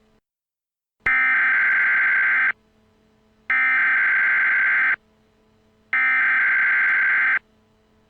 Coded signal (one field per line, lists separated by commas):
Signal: Emergency Alert System (SAME) tones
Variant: header bursts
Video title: EAS Scenario - So Close Yet So Far Away (SNEAK PEEK)